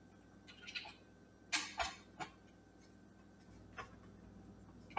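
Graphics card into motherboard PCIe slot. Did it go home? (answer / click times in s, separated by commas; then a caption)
no / none. A graphics card is handled at a motherboard's PCIe slot, making a few short scraping and tapping sounds around 0.7, 1.5, 1.8, 2.2 and 3.8 seconds over a low steady hum, plus a sharp tap right at the end. The card has not seated and the slot's retention latch has not clicked yet.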